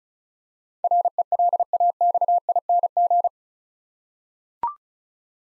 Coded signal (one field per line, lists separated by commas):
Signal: Morse code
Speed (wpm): 34 wpm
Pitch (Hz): 700 Hz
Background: none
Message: RELAXING